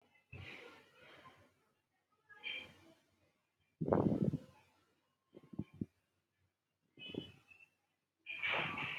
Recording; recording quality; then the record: shallow breathing; excellent, no background noise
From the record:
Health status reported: healthy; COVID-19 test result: not tested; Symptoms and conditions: none ticked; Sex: male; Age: 25 years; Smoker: yes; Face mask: not worn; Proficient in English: yes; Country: India